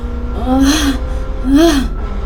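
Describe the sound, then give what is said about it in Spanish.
Two breathy, drawn-out moans from a person sleeping restlessly in a pickup truck as the group travels in silence, each rising and then falling in pitch, with a soft pause between them over a low, steady background hum. “Solo se escuchan los gemidos de …, que duerme con un sueño agitado.”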